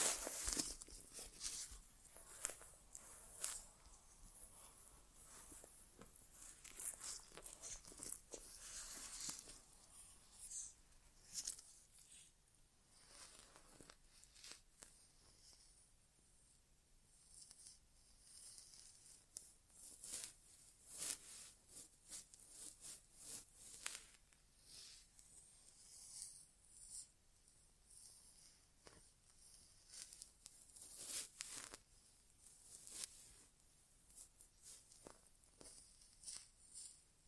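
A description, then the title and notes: An ASMR inner ear exam: crisp scratching, crackling and tapping sounds fill the clip. For the first ten seconds the crackles are dense and bright and come in quick rushes, then they thin into scattered clicks and soft brushing strokes with short quiet gaps between them. ASMR Inner Ear Exam (No Talking).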